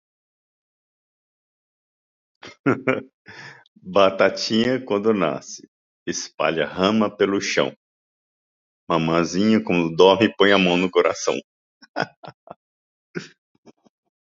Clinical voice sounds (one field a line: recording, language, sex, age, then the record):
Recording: short text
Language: Brazilian Portuguese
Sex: male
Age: 50 to 59 years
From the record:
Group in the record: control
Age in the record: 55 years